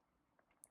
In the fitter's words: they will just kind of clip in. You can see they kind of go one on the top, then one on the bottom.